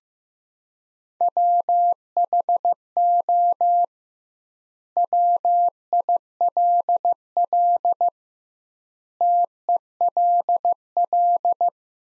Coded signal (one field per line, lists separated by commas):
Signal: Morse code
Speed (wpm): 15 wpm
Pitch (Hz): 700 Hz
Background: none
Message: WHO WILL TELL